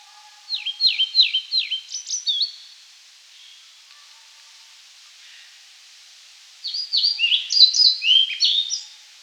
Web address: pied flycatcher song